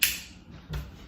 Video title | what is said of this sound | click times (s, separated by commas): Mantis X10 Elite Review | Heard that click, so it's good. | 0.0 s